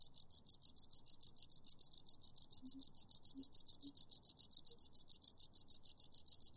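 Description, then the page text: Cricket chirp train, sharp high pulses repeated quickly and steadily throughout, with a few soft low blips in the background. Single cricket or cicada playing away, stopping occasionally then continuing; swamp, marsh and woods setting. "Single Cricket Long: A single cricket, cicada, playing away. Stops occasionally, then continues. Swamp, Marsh & Woods"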